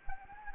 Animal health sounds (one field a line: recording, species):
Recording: mosquito wingbeat signal from an infrared sensor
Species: Anopheles gambiae